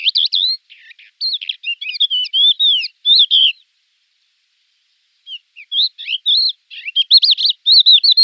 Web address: Schulze Peter Crested Lark song